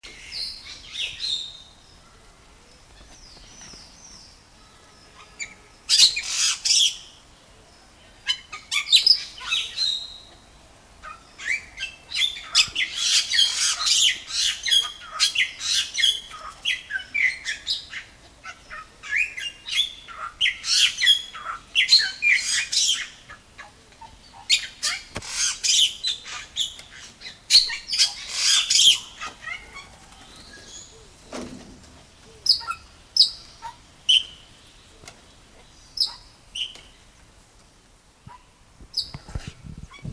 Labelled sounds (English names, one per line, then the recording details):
Bali Myna song
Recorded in captivity
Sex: male
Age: adult
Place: Zoo Köln, Nordrhein-Westfalen, DE
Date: 2000-10-01 18:08
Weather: overcast, intermittent rain, 15°C
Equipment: Nagra SN, Kopie Uher 4000 Report Monitor
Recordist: Tembrock, Günter